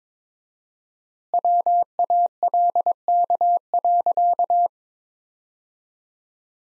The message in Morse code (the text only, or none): WALK.